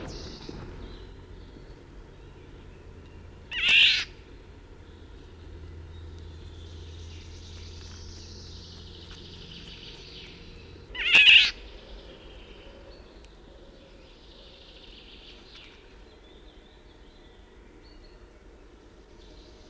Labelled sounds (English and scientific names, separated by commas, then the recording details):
Eurasian Golden Oriole (Oriolus oriolus)
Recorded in the wild
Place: Wolin, Westpommern, PL
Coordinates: 53.882, 14.582
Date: 1972-06-03
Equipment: Nagra III BH, Sennheiser MD 21, parabola
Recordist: Schubert, Michael